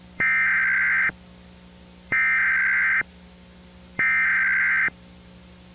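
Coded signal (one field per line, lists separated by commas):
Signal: Emergency Alert System (SAME) tones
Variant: header bursts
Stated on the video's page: Amber Alert tones, possibly valid SAME tones.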